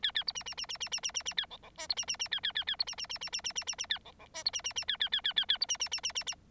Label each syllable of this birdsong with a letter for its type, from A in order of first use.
A A B C C C C C C C C C A D D E B C C C A A A A B C C C C C C C C C A D D E B C C C A A A A A A B C C C C C C